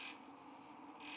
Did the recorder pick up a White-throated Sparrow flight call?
no